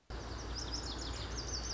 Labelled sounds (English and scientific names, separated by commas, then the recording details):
Lazuli Bunting (Passerina amoena)
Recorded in Sonoma County, California